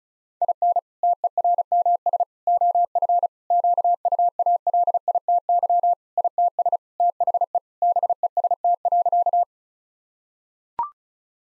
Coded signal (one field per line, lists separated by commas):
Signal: Morse code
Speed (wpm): 36 wpm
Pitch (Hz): 700 Hz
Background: none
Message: IN TERMS OF QUALITY ITS THE BEST.